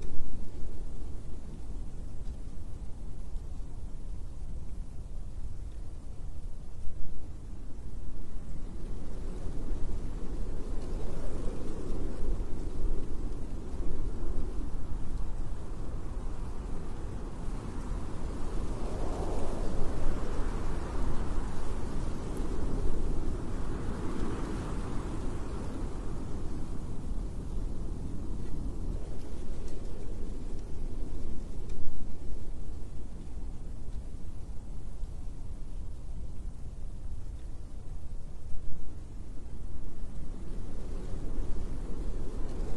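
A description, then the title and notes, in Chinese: Wind blowing outdoors, a steady low rumble that fills the whole recording. It swells in gusts around the middle, roughly from 10 to 27 seconds, with brighter rushing surges, then settles back to a calmer, deep roar. 大自然吹的风。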